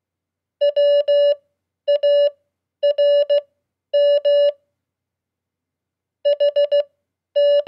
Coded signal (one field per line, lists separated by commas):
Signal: Morse code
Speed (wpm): 16 wpm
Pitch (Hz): 580 Hz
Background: none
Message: WARM HT